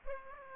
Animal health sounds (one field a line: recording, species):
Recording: mosquito wingbeat signal from an infrared sensor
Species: Aedes aegypti